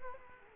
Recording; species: mosquito wingbeat signal from an infrared sensor; Culex quinquefasciatus